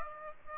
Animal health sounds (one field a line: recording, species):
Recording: mosquito wingbeat signal from an infrared sensor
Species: Aedes aegypti